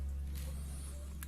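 A micro-SD card is pressed gently with a pin into the spring-loaded card slot of an R36H handheld game console, over a steady low hum with faint music. A sharp click at 1.2 s marks the card seating and locking in place.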